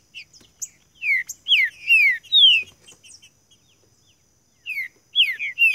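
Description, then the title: Green-winged saltator song: loud descending whistled slurs in short bursts, with a pause midway before more phrases resume. Singing bird used to warm up another bird for competition; described as calling, singing and showing male display in contest. "Esse É PERFEITO Para ESQUENTAR Seu TRINCA Piando, Cantando E Macheando Na DISPUTA. TRINCA FERRO CANTANDO MUITO PARA ESQUENTAR TRINCA FERRO"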